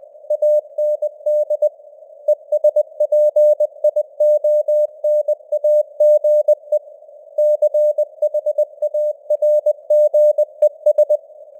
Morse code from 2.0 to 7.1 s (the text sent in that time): ESPIONAGE